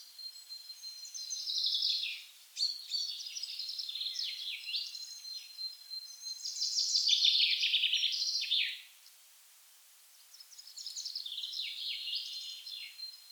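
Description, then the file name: Common chaffinch singing several rattling, descending song phrases in a row, with brief pauses between them. "Fringilla coelebs"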